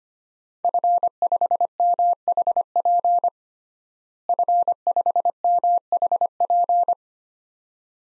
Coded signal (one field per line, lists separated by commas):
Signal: Morse code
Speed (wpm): 25 wpm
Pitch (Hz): 700 Hz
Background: none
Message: F5MHP F5MHP